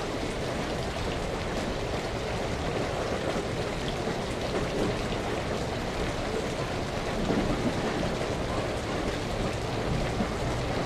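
A steady rain shower pours down with a dense, even hiss that fills everything from low to high. The level stays constant for the whole stretch, with no clear breaks, and a soft low rumble runs underneath the patter.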